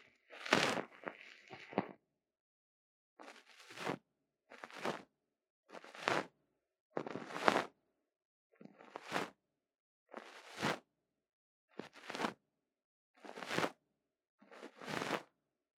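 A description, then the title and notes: A fluffy puff ball brushes over a microphone for ear-cleaning ASMR, in soft rustling swipes with silence between them. After a longer opening pass, the swipes come at a steady pace, about one each second, each a short airy whoosh reaching from low rumble to high hiss. 貫穿腦門的絨毛毛球觸發 | Lo-fi | Brain Penetrating Ear Cleaning | NO Talking.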